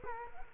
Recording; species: mosquito wingbeat signal from an infrared sensor; Culex quinquefasciatus